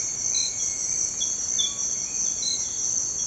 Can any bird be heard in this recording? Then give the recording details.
no. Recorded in dense forest near Puerto Asís, Putumayo, Colombia, on 21 December 2024 at 06:30. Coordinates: 0.466, -76.327. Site G075